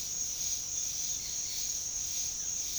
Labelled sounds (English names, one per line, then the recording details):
none
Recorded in dense forest near Puerto Asís, Putumayo, Colombia, on 18 February 2024 at 08:00
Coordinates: 0.502, -76.324
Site G6370